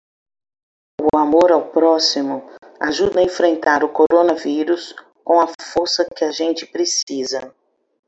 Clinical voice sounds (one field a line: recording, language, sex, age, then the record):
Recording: spoken sentence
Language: Brazilian Portuguese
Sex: female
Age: 50 to 59 years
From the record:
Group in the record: control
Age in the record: 53 years